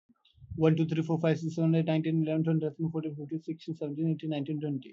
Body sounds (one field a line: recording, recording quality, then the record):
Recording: counting at a fast pace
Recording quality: excellent, no background noise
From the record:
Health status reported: healthy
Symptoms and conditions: none ticked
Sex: male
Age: 21 years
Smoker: yes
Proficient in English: yes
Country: India